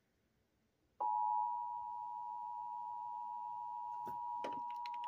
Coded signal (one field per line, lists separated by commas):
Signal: Emergency Alert System (SAME) tones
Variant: 853 and 960 Hz attention tone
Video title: EAS Alerts from July 30 - 31 2024 SWO KHB59 Beaver CH12